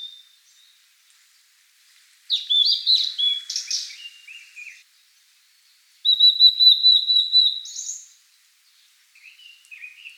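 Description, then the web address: Blue-and-white flycatcher singing: high, clear whistled phrases, some sliding and warbled, one a long steady whistle, given in bursts with pauses between. Recorded on 7 May 2014. "birdenaga ooruri 140507"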